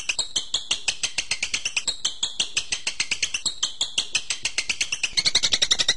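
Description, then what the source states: Bird song: rapid high chirps repeated steadily, becoming slightly louder and denser in the final second. Masteran birdsong training recording of bird sounds.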